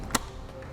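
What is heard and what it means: The upper clamp arm of a roof-mounted Thule SnowPack ski and snowboard carrier is lowered onto a snowboard and pressed down onto its base. A single sharp click is heard at 0.2 s as the arm latches shut. The arm is seated.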